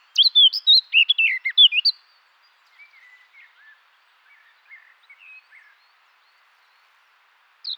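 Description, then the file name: Eurasian blackcap song phrase: about two seconds of loud, clear fluty whistles, followed by faint lower warbling notes and a brief high note at the end. "Sylvia atricapilla"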